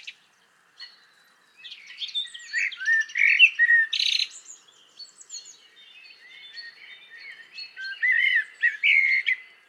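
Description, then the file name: Common blackbird singing an almost continuous run of warbled notes mixed with thin, squeaky high twitters. "Turdus merula"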